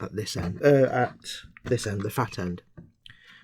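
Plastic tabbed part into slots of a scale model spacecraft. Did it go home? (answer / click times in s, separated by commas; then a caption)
yes / 3.1 s. A plastic model part with small tabs is pushed fat end first into the slots of a scale model X-Wing spacecraft while someone talks. After a faint tap at 2.8 s, a sharp click at 3.1 s marks the part locking into place, followed by a quiet rustle.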